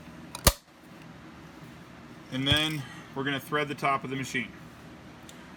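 A metal needle plate is popped back onto the bed of an old-style flatbed sewing machine and seats with a sharp metallic snap at 0.5 s, just after a faint lead-in tick. Someone then talks over a quiet background.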